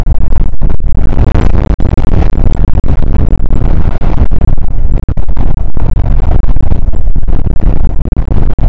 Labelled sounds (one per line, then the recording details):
wind
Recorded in the Prudhoe Bay oil fields, Alaska, on 19 July 2019 at 00:06
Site 25